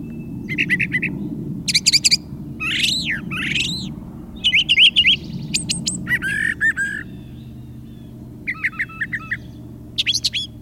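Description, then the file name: Brown thrasher song with varied phrases: buzzy trills, sweeping rising-and-falling whistles and clipped chirps, short gaps between them, over a steady low hum. "suara-kicauan-brown-trasher -omkicau"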